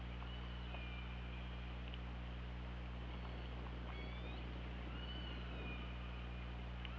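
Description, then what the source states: Orca calls, faint gliding tones scattered throughout, a few short sweeps and longer flat calls, under continuous water noise and low hum. Recorded on an OrcaLab hydrophone, 24 August 2017 at 21:14.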